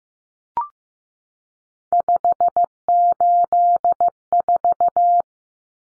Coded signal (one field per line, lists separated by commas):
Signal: Morse code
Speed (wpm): 15 wpm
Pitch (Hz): 700 Hz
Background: none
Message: 584